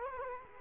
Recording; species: mosquito wingbeat signal from an infrared sensor; Culex quinquefasciatus